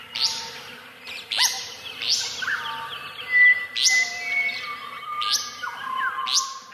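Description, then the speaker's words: Restless Flycatcher song: loud rasping rising sweeps repeated in an irregular series, with clear whistled notes and chirps from other birds behind. "Song of the Restless Flycatcher from Morning in the Australian Bush."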